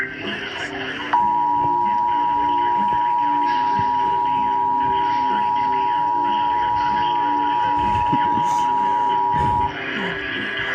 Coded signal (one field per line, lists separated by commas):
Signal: Emergency Alert System (SAME) tones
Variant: 853 and 960 Hz attention tone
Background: speech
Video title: Severe Thunderstorm Warning EAS #67